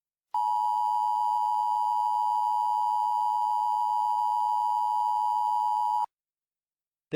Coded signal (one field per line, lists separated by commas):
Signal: Emergency Alert System (SAME) tones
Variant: 853 and 960 Hz attention tone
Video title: EAS Mock 13: Uprising